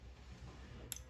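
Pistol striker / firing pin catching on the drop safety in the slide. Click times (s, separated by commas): 0.9 s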